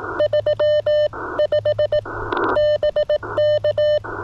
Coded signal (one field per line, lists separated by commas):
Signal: Morse code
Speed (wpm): 17 wpm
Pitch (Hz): 590 Hz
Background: none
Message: 35 BK